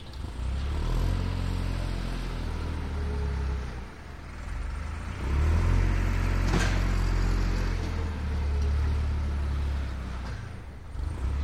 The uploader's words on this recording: Snow Clearing by Tractor Blade. The episode begins with the distant, muffled hum of a tractor as it engages with the freshly fallen snow.